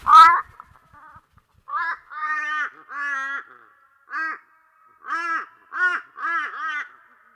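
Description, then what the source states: Torresian crow giving nasal, hoarse calls: one sharp opening note, then several short caws with stacked harmonics, with a faint steady tone underneath. Crow described as curious.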